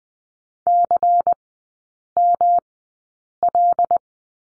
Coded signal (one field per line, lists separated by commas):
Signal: Morse code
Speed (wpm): 20 wpm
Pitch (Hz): 700 Hz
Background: none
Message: CML